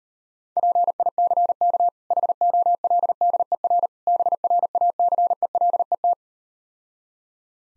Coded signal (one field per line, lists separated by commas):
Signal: Morse code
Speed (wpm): 39 wpm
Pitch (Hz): 700 Hz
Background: none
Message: PICK HOLDER BRACELET